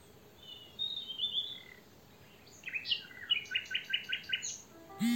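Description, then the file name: European robin singing a high, thin whistled phrase, then a quick run of repeated bright notes, ending with a sudden louder low sound. "Erithacus rubecula"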